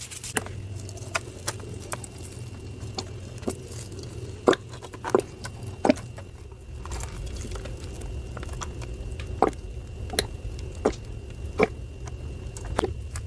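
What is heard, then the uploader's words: Gym chalk is cut and crushed in sharp crunches and snaps, irregular every second or so, over a steady low rumble and faint hiss. Dyed Chalk Cubes Process + Crush. ASMR gym chalk cutting, chopping, slicing, breaking, and crushing sounds.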